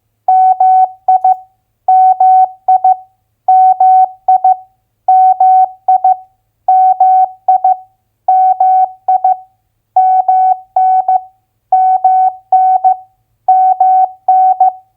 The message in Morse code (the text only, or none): MI MI MI MI MI MI MN MN MN